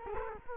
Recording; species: mosquito wingbeat signal from an infrared sensor; Culex quinquefasciatus